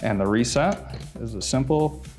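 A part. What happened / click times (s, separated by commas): Handled, not yet home: no seating click before the nut is reset / none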